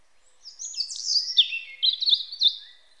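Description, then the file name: European robin song: a quick tumbling phrase of thin, high warbled notes sliding up and down, fluttering and twittering over about two seconds, with no other sounds. "Erithacus rubecula"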